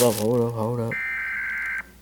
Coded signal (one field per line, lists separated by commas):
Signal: Emergency Alert System (SAME) tones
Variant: header bursts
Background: speech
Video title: EAS: WORLD WAR 3 REVAMPED